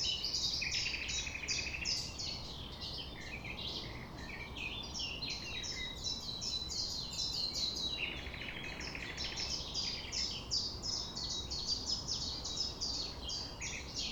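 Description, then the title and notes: Common nightingale singing: fast, crowded chirping notes run without pause, broken by short lower rattling trills, against a persistent low-pitched background hum. Sung at sunrise, 6 a.m., near the Thève river at Champ de Ménage; the nightingale sings without waiting for silence. "6 A.M. Lever du soleil non loin de la Thève au Champ de Ménage. Le rossignol n'attend pas le silence."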